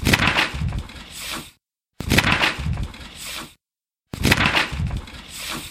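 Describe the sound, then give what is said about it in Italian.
A pocket-sized accordion-folded paper notebook, which unrolls into 2.5 metres of folded paper, being opened three times, each a loud burst of papery crackling and rustling lasting about a second and a half, separated by brief silences. No one speaks. “Riporteremo qualche immagine, ma intanto sentiamo il rumore, perché avranno un rumore. So che hanno un rumore nell'apertura.”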